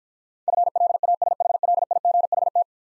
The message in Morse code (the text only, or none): FLASHLIGHT